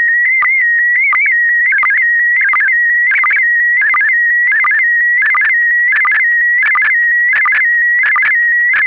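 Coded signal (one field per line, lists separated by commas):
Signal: SSTV (slow-scan television)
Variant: PD90 mode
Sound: warbling, chirping tone near 2 kHz with steady rhythmic low sync blips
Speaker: verder is het morsen en essence te ver afbeelding en p de 90 we blijven met de ss tv-beelden voor nu even bij de vintage apparatuur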